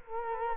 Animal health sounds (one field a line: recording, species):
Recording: mosquito wingbeat signal from an infrared sensor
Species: Culex quinquefasciatus